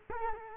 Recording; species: mosquito wingbeat signal from an infrared sensor; Culex quinquefasciatus